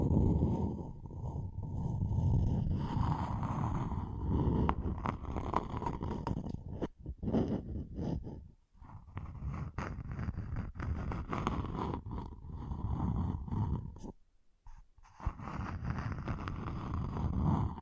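Scratching and tracing sounds rub and scrape along steadily, dense with low rumbling grit and a faint whine running through. Sharp clicks and taps break in often, with brief silent gaps near seven, eight and a half, and fourteen seconds.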